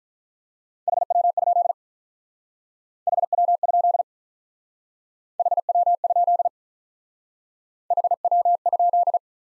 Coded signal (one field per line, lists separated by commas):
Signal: Morse code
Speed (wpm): 44 wpm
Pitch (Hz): 700 Hz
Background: none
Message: HW? HW? HW? HW?